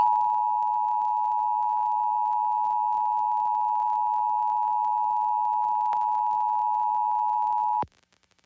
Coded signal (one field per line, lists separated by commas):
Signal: Emergency Alert System (SAME) tones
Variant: 853 and 960 Hz attention tone